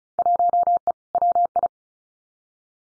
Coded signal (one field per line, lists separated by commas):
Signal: Morse code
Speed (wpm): 36 wpm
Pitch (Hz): 700 Hz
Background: none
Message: 1E WI